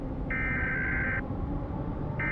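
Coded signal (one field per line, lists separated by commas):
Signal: Emergency Alert System (SAME) tones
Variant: header bursts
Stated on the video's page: Fictional EAS scenario in a simulated zombie-apocalypse radio broadcast.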